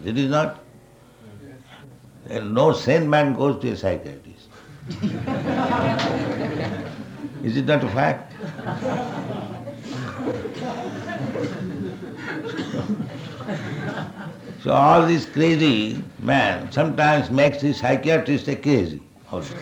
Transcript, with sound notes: Is it not? No sane man goes to a psychiatrist. [laughter] Is it not a fact? So all these crazy men sometimes makes the psychiatrist a crazy also.